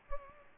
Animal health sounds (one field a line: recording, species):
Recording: mosquito wingbeat signal from an infrared sensor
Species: Culex pipiens